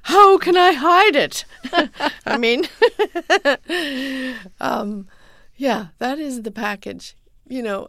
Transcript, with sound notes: How can I hide it?
(LAUGHTER)
I mean, yeah, that is the package, you know,